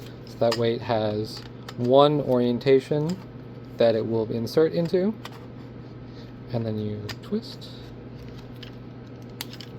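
Someone talks while a 3D-printed blaster attachment is inserted into the end of a V-Lancer prop handle in its one keyed orientation, tabs into slots, and is then twisted. Short, sharp plastic clicks and taps are heard near the end of the clip during the twist. Nothing has locked or seated yet when the clip ends.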